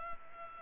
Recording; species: mosquito wingbeat signal from an infrared sensor; Culex pipiens